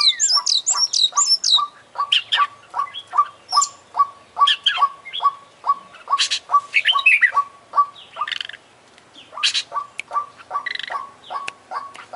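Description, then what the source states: Oriental magpie-robin song: high slurred whistles and scratchy notes over a fast, even string of short chips. Champion bird singing vigorously (gacor); from a collection of selected tutor songs (masteran) for training songbirds.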